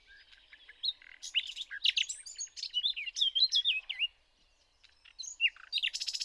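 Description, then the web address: Common nightingale delivering fast, varied warbled phrases, falling silent briefly, then resuming with sharp notes. "SETE data Luscinia megarhynchos"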